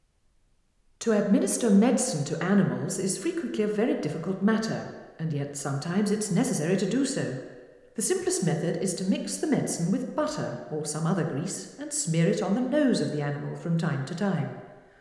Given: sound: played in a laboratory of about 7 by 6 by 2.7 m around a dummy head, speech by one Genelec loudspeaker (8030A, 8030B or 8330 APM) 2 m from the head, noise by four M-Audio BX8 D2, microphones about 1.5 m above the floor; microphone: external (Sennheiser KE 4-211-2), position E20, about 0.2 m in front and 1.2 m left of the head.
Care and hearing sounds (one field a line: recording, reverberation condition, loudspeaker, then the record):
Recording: female speech in English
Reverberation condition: high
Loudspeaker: 90 degrees to the left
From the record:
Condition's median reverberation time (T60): about 1300 ms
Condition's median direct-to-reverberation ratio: about -4.0 dB